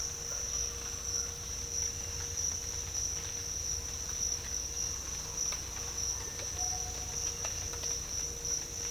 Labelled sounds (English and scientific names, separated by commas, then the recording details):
none
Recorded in dense forest near Puerto Asís, Putumayo, Colombia, on 22 December 2024 at 06:30
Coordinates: 0.486, -76.317
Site G003